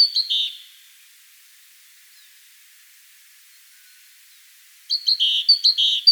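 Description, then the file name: Great tit calls, short high chirpy notes in two bursts at the start and end, separated by about four seconds of quiet. "Parus major"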